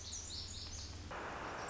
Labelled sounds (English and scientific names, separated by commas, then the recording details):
Lazuli Bunting (Passerina amoena)
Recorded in Sonoma County, California